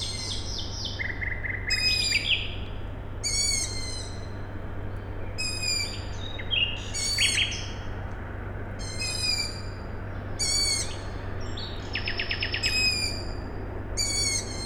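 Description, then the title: Owl chicks calling in short raspy bursts, repeated several times, above a constant low drone. Owl chicks calling at night, Tuesday 21 May 2019, Siemianowice Śląskie, Poland; industrial plant in background; recorded with Zoom H5 and Audio-Technica BP4025. "Siemianowice Śląskie, Polska - Owl chicks"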